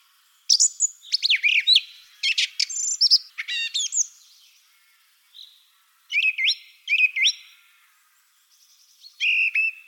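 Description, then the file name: Song thrush song: rapid varied phrases of sharp whistles and squeaks, with short notes doubled or repeated, separated by brief pauses. "Golosa ptic - Drozd pevchij"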